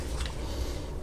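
An Aimkon HiLight P10S tactical pistol light's clamp is slid back along the worn accessory rail of a TP9 SF Elite handgun, its locking peg meant to catch only the first rail slot. Quiet handling noise over a low rumble is heard, with a brief soft tick at 0.3 s. Nothing has seated or clicked yet.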